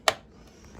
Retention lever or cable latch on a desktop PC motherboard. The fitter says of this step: You'll hear a nice satisfying snap.